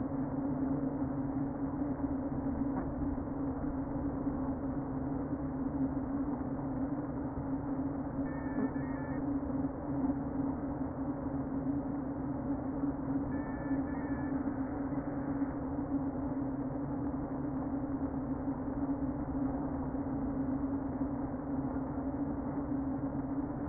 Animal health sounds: honeybee colony, microphone inside the hive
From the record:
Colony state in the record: queen present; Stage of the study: before two queens were removed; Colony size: about 60,000 bees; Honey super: yes

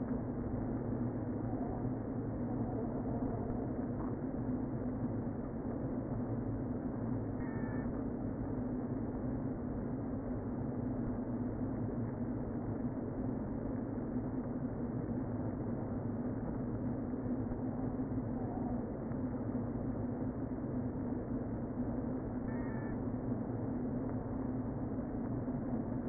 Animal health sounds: honeybee colony, microphone inside the hive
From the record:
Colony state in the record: queen present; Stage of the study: before two queens were removed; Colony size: about 60,000 bees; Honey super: yes

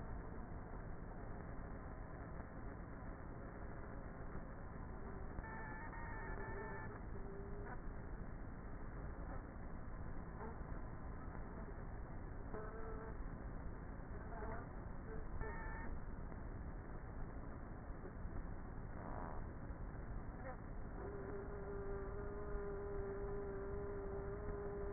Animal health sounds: honeybee colony, microphone inside the hive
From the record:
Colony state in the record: queenless with a low population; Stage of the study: before two queens were removed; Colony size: about 30,000 bees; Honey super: no

